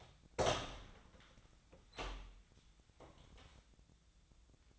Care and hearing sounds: daily activity, microphone in the room; open door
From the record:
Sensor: 3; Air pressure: 1009.2 hPa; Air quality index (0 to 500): 194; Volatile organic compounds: 4 ppm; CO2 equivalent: 1566 ppm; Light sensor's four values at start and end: 45/118/51/51 and 45/119/52/52

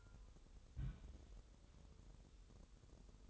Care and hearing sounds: daily activity, microphone in the room; place on stove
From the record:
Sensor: 3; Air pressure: 988.3 hPa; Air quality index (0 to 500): 190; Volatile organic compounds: 261 ppm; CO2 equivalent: 4389 ppm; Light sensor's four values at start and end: 24/75/31/27 and 24/75/31/27

